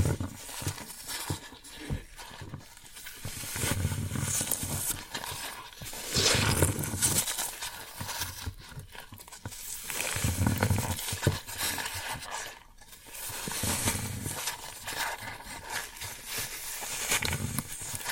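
Floral foam crunches and crackles in dense, gritty bursts, swelling louder around six, ten and fifteen seconds before easing back between squeezes.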